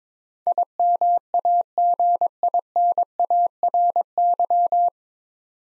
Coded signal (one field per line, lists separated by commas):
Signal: Morse code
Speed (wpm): 21 wpm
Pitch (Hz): 700 Hz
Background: none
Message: IMAGINARY